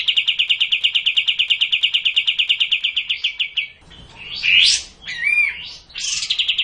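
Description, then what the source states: Cililin song: steady rapid trill of repeated notes for several seconds, then a pause followed by sharp, swooping whistled notes and a fresh trill. Song in the kapas tembak style.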